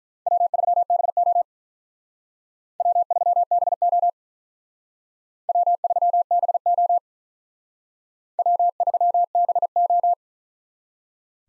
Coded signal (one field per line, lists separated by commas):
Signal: Morse code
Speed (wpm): 45 wpm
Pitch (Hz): 700 Hz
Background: none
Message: W3BO W3BO W3BO W3BO